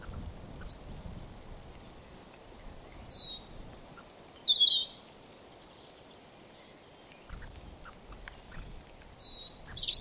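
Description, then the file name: European robin song fragments: a brief burst of very high, thin trilled notes midway, with a few faint notes near the end over steady low background noise. "Erithacus rubecula"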